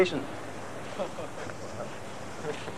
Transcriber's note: laughter